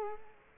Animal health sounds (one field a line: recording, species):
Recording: mosquito wingbeat signal from an infrared sensor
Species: Culex quinquefasciatus